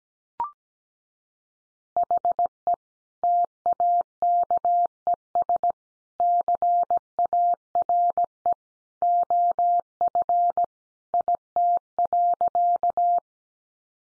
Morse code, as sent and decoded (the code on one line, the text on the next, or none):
.... . / - .- -.- . ... / -.-. .- .-. . / --- ..-. / .. - .-.-.-
HE TAKES CARE OF IT.